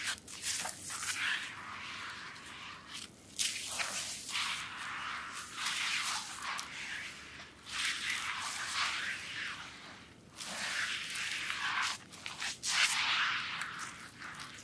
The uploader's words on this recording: ASMR soap massage with relaxing sounds.